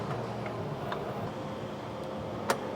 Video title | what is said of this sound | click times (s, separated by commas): How to Build a Civic Si in 20 Minutes! | Nice. It's a very satisfying click. | 2.5 s